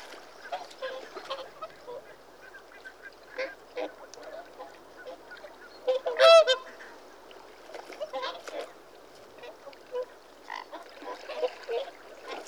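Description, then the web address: Whooper swan trumpeting: a chorus of honking calls from several birds, with one loud, ringing call standing out midway. "The BBC Sound Effects Library. Whooper Swan (Cygnus Cygnus)"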